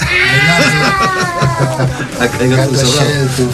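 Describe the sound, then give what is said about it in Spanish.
A cat meows in drawn-out, wavering cries that rise and fall in pitch, fairly loud and continuous for a few seconds, with people talking over it. “Gato encerrado.”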